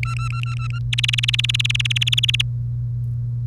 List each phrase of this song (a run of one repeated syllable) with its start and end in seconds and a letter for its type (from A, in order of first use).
0.03-0.79 A, 0.93-2.42 B